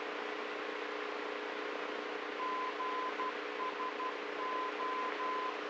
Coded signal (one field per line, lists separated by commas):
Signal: Morse code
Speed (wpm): 12 wpm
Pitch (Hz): 1020 Hz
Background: none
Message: GSO